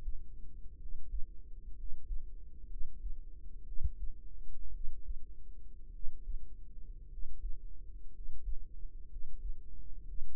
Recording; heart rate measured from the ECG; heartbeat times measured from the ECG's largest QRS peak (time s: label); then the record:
heart sounds by microphone in the right ear; 58 bpm
0.75 s: heartbeat
1.72 s: heartbeat
2.65 s: heartbeat
3.62 s: heartbeat
4.69 s: heartbeat
5.89 s: heartbeat
7.06 s: heartbeat
8.09 s: heartbeat
9.05 s: heartbeat
10.03 s: heartbeat
From the record:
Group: healthy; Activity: rest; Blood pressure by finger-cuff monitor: 101/53 mmHg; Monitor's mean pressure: 65 mmHg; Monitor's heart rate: 56 bpm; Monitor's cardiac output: 4.9 L/min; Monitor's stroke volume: 86 mL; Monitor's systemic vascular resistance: 930 dyn s/cm5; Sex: male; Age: 25 years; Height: 170 cm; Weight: 70.4 kg